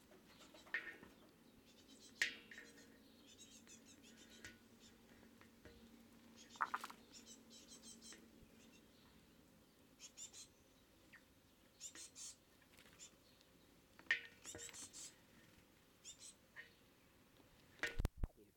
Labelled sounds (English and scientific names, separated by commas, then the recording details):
Great Tit (Parus major) call
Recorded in the wild
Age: juvenile
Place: Kaiserslautern, Rheinland-Pfalz, DE
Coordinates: 49.4372, 7.80972
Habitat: garden
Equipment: Nagra IV, Sennheiser MKH 405, Parabolreflektor
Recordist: Tretzel, Erwin
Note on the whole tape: Flüge junge Kohlmeisen "unserer Brut" am Futternapf auf Terrasse